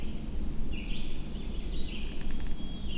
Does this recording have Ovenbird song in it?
no